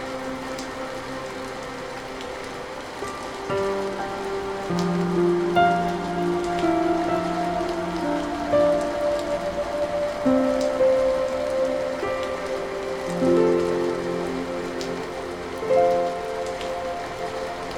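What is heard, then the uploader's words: Gentle rain patters steadily and evenly across the whole clip, a soft hiss under everything. Over it, slow sustained music tones shift between held notes every second or two, mostly low and middle pitched, with occasional brighter notes rising above the rain. Rain’s Melodic Grace With Gentle Rain Sounds & Relaxing Music. Relaxing music, piano, rain sounds and white noise.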